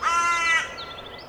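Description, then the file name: Carrion crow with one long, drawn-out harsh caw, followed by faint higher chirps. "Corvus corone"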